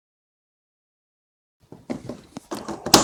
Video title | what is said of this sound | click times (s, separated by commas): Collapsible shoe storage display case unboxing assembly and review | There, snap, and snap, and snap. | 2.4 s, 2.9 s